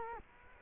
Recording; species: mosquito wingbeat signal from an infrared sensor; Culex quinquefasciatus